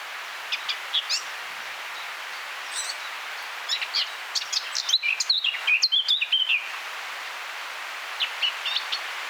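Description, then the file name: Eurasian blackcap with sparse high chips, then a busy run of tumbling warbled notes, and a few faint calls afterwards, against broad background hiss. "Sylvia atricapilla"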